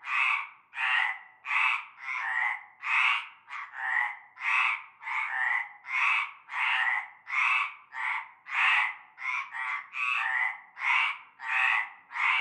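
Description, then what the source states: Frogs in chorus, raspy croaks following one another rapidly, some overlapping. Frog chorus at nightfall in a large concrete basin with stagnant greenish water, Avenue Cante Coucou, Groupède, La Ciotat, Bouches-du-Rhône, France.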